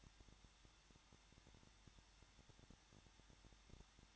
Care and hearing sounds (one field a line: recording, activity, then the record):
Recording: daily activity, microphone in the room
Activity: no activity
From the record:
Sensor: 3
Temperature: 21.2 degrees Celsius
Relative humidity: 36.4%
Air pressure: 1006.4 hPa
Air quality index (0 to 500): 223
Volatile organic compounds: 43 ppm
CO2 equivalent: 3190 ppm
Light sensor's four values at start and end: 2/3/2/2 and 2/3/2/2